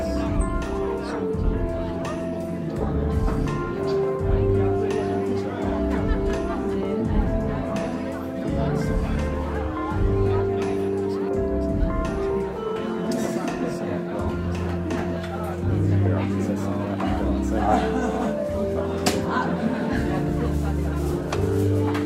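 Murmuring bar sounds: many overlapping voices blend into a dense, steady chatter that holds an even level throughout. A low humming, tune-like drone runs underneath, and short sharp clicks and clinks pop out here and there, more often in the second half.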